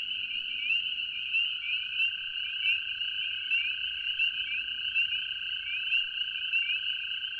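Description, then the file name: American toad's steady trill running unbroken throughout, under a loud chorus of shrill, rising peeps from many spring peepers. Recorded together with spring peepers. "am toad and peepers"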